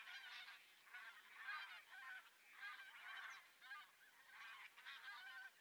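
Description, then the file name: Bean goose: geese giving nasal honks in a group, calls bunched into short bursts that overlap one another. "vetesi lud hangja"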